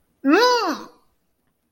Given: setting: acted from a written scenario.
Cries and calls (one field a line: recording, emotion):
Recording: vocal sound without words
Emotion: disgust